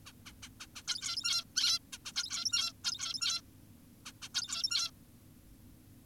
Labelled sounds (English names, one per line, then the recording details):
Zebra Finch
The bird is an adult
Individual g17y2U